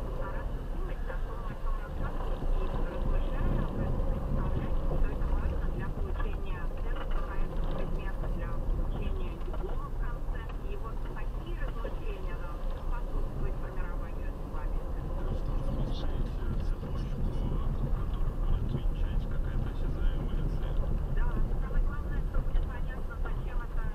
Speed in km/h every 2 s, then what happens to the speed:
7, 8, 11, 12, 7, 6, 7, 10, 11, 12, 11, 9.
0-24 steady at about 9.